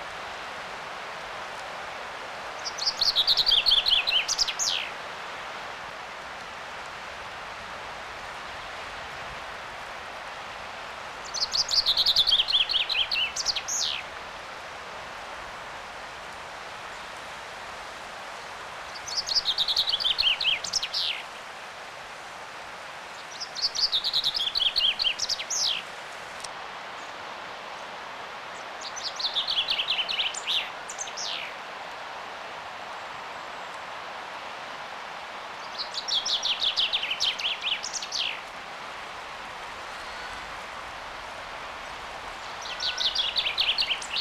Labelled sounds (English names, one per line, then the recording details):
Common Chaffinch song
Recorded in the wild
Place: Oberstdorf, Bayern, DE
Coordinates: 47.3661, 10.3014
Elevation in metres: 922
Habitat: mountains
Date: 1985-04-05
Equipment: Uher 4000 Report
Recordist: Tretzel, Erwin